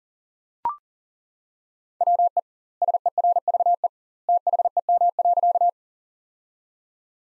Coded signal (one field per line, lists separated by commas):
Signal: Morse code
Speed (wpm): 40 wpm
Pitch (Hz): 700 Hz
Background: none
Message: WE SERVE THEM.